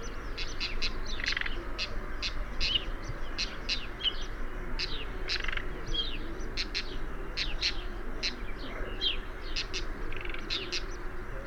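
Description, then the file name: Eastern black-eared wheatear giving a series of hard, dry tacking notes at uneven intervals over low background noise. "Oenanthe melanoleuca call"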